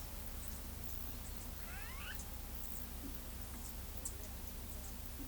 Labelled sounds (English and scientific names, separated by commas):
Greater Ani (Crotophaga major)